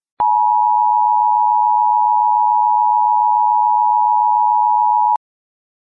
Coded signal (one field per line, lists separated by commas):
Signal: Emergency Alert System (SAME) tones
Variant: 853 and 960 Hz attention tone